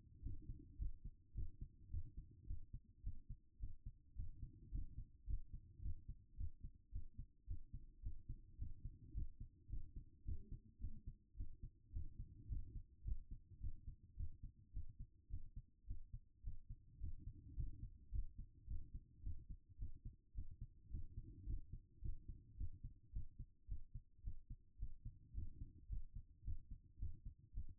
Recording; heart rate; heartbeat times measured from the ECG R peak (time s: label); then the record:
heart sounds by stethoscope; 108 bpm
0.22 s: heartbeat
0.78 s: heartbeat
1.34 s: heartbeat
1.91 s: heartbeat
2.47 s: heartbeat
3.03 s: heartbeat
3.60 s: heartbeat
4.16 s: heartbeat
4.71 s: heartbeat
5.27 s: heartbeat
5.82 s: heartbeat
6.37 s: heartbeat
6.92 s: heartbeat
7.47 s: heartbeat
8.03 s: heartbeat
8.58 s: heartbeat
9.14 s: heartbeat
9.69 s: heartbeat
10.25 s: heartbeat
10.80 s: heartbeat
11.37 s: heartbeat
11.93 s: heartbeat
12.48 s: heartbeat
13.04 s: heartbeat
13.60 s: heartbeat
14.17 s: heartbeat
14.73 s: heartbeat
15.30 s: heartbeat
15.87 s: heartbeat
16.43 s: heartbeat
17.00 s: heartbeat
17.56 s: heartbeat
18.11 s: heartbeat
18.67 s: heartbeat
19.23 s: heartbeat
19.79 s: heartbeat
20.34 s: heartbeat
20.90 s: heartbeat
21.46 s: heartbeat
22.02 s: heartbeat
22.57 s: heartbeat
23.13 s: heartbeat
23.68 s: heartbeat
24.23 s: heartbeat
24.79 s: heartbeat
25.34 s: heartbeat
25.89 s: heartbeat
26.44 s: heartbeat
26.99 s: heartbeat
27.54 s: heartbeat
From the record:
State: after exercise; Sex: female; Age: 36 years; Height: 178 cm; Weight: 74 kg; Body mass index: 23.36